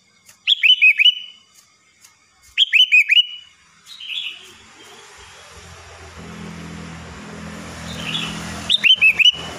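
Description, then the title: Sooty-headed bulbul singing three brief chortling phrases of rapid, slurred notes, with soft extra notes between them and a low engine hum building in the background. "Kutilang"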